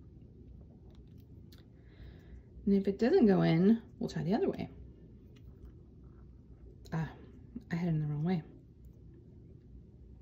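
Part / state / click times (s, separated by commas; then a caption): brass placer tip into diamond painting pen / not seated / none. A brass multi-placer tip is handled and pushed toward a diamond painting drill pen after a first wrong-way attempt, with a few faint clicks of handling near 1.0 to 1.6 s while someone talks. Nothing has seated or clicked into place yet by the end of the clip.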